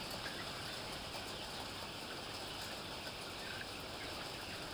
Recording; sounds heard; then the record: poultry house recording; healthy chickens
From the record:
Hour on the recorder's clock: 14